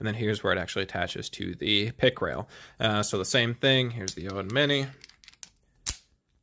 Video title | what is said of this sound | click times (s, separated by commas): Olight Odin Mini - Review And Demo - Better Than The Odin? | Go ahead and slide that in, and it locks into place just like the M-lock mount, | 5.9 s